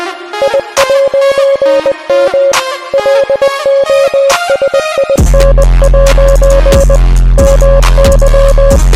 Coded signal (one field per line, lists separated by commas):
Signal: Morse code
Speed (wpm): 20 wpm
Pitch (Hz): 550 Hz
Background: music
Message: I'M LOSIN' MY